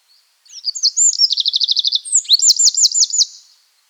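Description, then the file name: Eurasian wren singing a loud, high, rapid outburst: sharp whistled notes running into fast trills, a brief pause, then another ringing trill, lasting about three seconds. "Troglodytes troglodytes"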